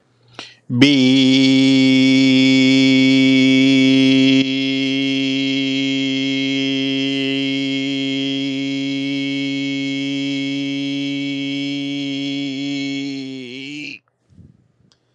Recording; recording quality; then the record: sustained vowel as in beet; excellent, no background noise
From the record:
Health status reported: exposed to COVID-19, no respiratory illness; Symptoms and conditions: cold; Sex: male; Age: 47 years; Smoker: not ticked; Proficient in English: yes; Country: United States